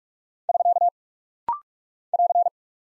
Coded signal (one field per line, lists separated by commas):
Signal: Morse code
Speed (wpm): 46 wpm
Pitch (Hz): 700 Hz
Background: none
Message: <SK> <AR>